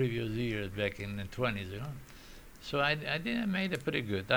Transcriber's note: none